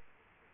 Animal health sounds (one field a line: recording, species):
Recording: mosquito wingbeat signal from an infrared sensor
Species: Aedes aegypti